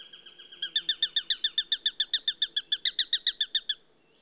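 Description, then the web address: Eurasian sparrowhawk: a fast, even series of sharp, high notes lasting about three seconds before stopping. "The BBC Sound Effects Library. Sparrowhawk (Accipiter Nisus)"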